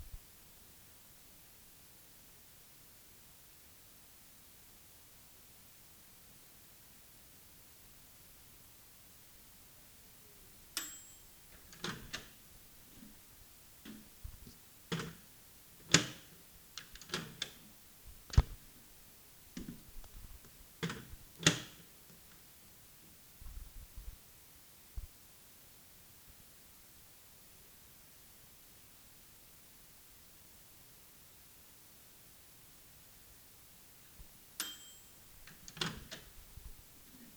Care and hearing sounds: daily activity, guitar pickup as the sensor; use microwave

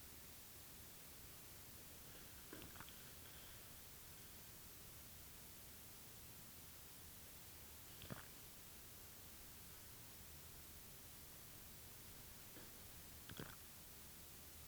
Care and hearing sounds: daily activity, guitar pickup as the sensor; drink water

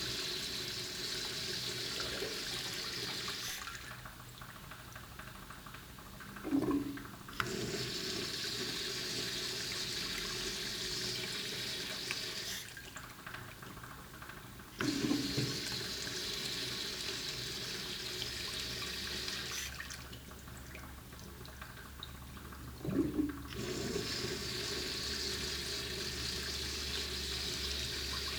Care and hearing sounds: daily activity, guitar pickup as the sensor; flush

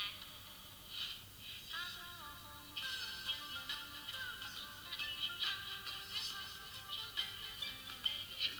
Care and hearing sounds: daily activity, guitar pickup as the sensor; browse video

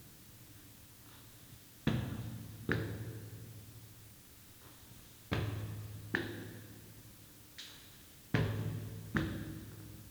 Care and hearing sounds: daily activity, guitar pickup as the sensor; go upstairs

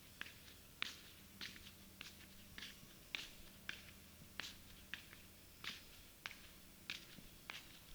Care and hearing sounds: daily activity, guitar pickup as the sensor; walk

